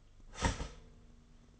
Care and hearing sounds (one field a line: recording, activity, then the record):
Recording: daily activity, microphone in the room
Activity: start toaster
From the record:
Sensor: 4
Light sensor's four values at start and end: 4/9/3/3 and 4/8/3/3